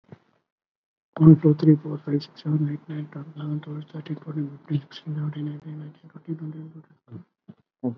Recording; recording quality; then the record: counting at a fast pace; excellent, no background noise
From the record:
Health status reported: COVID-19 positive, mild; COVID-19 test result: positive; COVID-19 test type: RT-PCR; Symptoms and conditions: cough, fever, fatigue, hypertension, diabetes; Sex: male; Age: 67 years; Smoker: yes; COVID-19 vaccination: one dose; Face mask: not worn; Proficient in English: no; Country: India